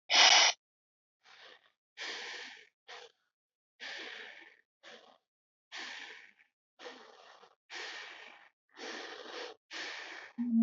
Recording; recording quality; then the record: shallow breathing; excellent, no background noise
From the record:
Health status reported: healthy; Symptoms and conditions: none ticked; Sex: male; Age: 23 years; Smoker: not ticked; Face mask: not worn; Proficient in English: yes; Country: India